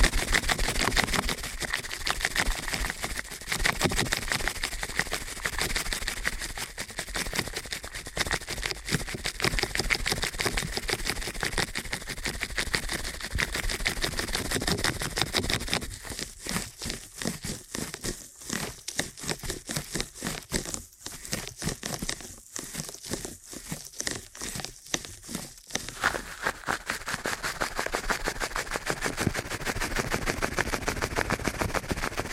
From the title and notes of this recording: ASMR Ear Cleaning at Helicopter Speed.